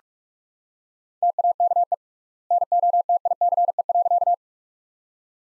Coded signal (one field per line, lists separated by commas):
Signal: Morse code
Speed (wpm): 44 wpm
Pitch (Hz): 700 Hz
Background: none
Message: TAKE NOTICE.